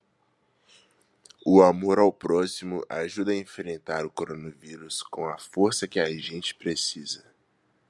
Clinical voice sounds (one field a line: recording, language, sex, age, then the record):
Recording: spoken sentence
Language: Brazilian Portuguese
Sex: male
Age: 20 to 29 years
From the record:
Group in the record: control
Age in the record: 20 years